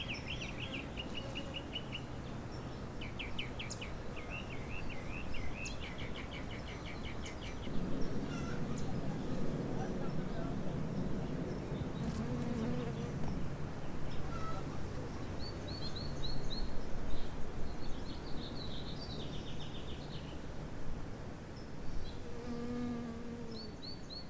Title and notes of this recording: Canyon Bees, Birds, and a Chicken. Bees pollinate a perpetual-blooming Echium Candicans ("pride of Madeira") flowering shrub in our Laurel Canyon Garden, while a mockingbird, a scrub jay, a few other birds, and a chicken across the street join in the chorus.